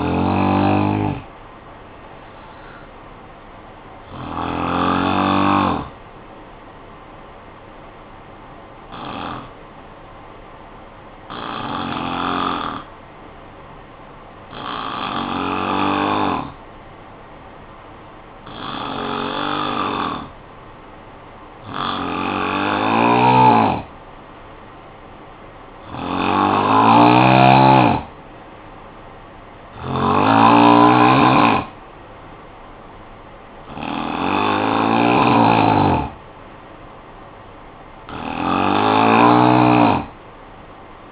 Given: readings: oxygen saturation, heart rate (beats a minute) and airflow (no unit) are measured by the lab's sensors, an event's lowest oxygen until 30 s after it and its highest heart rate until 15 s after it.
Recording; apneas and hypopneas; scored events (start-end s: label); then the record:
breathing in sleep by a voice recorder at the bedside; 1
9.00-23.80 s: hypopnea (N3, oxygen 97% highest, then 89% lowest, heart rate 52 at the start, 58 highest)
27.00-41.12 s: new sleep stage, N2 (light sleep)
From the record:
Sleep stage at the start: N3 (deep sleep); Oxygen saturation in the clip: 89 to 97%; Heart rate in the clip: 51 to 58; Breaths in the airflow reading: 11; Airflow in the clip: -8.1 to 9.4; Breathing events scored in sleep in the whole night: 445 in 7.6 hours asleep